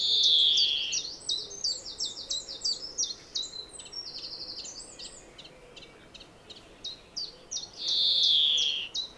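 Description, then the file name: European greenfinch opening with a long buzzy wheeze, then a tumbling twitter of chirps and a brief flat note, closing with another wheeze. "Chloris chloris"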